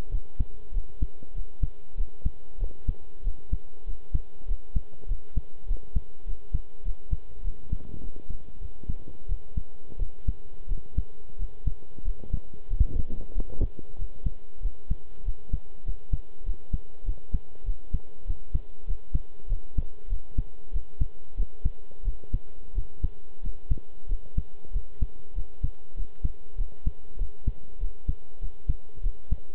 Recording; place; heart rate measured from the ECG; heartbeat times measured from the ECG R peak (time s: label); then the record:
heart sounds by stethoscope; between the tricuspid and mitral areas; 95 bpm
0.11 s: heartbeat
0.73 s: heartbeat
1.35 s: heartbeat
1.97 s: heartbeat
2.59 s: heartbeat
3.24 s: heartbeat
3.86 s: heartbeat
4.47 s: heartbeat
5.08 s: heartbeat
5.68 s: heartbeat
6.26 s: heartbeat
6.84 s: heartbeat
7.44 s: heartbeat
8.01 s: heartbeat
8.61 s: heartbeat
9.28 s: heartbeat
9.98 s: heartbeat
10.68 s: heartbeat
11.38 s: heartbeat
12.04 s: heartbeat
12.70 s: heartbeat
13.34 s: heartbeat
13.98 s: heartbeat
14.62 s: heartbeat
15.25 s: heartbeat
15.85 s: heartbeat
16.45 s: heartbeat
17.05 s: heartbeat
17.65 s: heartbeat
18.26 s: heartbeat
18.87 s: heartbeat
19.49 s: heartbeat
20.09 s: heartbeat
20.73 s: heartbeat
21.36 s: heartbeat
22.04 s: heartbeat
22.74 s: heartbeat
23.43 s: heartbeat
24.08 s: heartbeat
24.72 s: heartbeat
25.35 s: heartbeat
25.96 s: heartbeat
26.57 s: heartbeat
27.18 s: heartbeat
27.80 s: heartbeat
28.41 s: heartbeat
29.03 s: heartbeat
From the record:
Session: pedaling a stationary bicycle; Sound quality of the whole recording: good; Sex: male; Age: 23 years